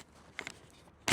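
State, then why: Seated. A rider lowers the chin bar of a modular motorcycle helmet and pushes it into the helmet shell latch, producing two sharp, short clicks at 0.4 s and 0.5 s. The chin bar latches closed and is locked into place, and a loud broadband burst cuts in at the very end of the clip.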